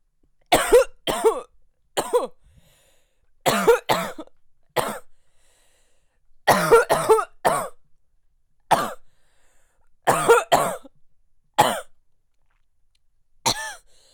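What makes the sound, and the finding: Adult. Cough.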